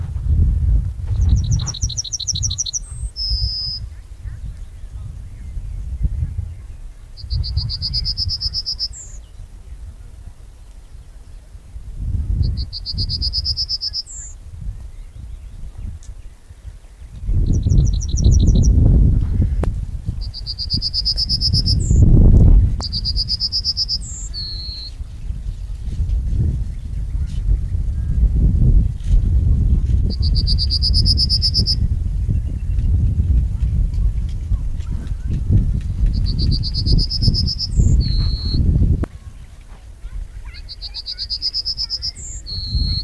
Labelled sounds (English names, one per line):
Yellowhammer song